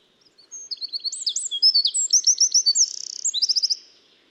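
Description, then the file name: Eurasian wren song: a loud, rapid, high-pitched outburst of tumbling notes and fast trills, including a dry rattling trill near the end, lasting about three seconds in quiet surroundings. "Troglodytes troglodytes"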